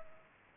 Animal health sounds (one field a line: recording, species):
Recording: mosquito wingbeat signal from an infrared sensor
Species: Culex pipiens